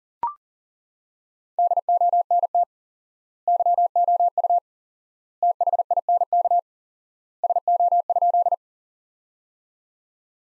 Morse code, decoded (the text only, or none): DONT YOU THINK SO?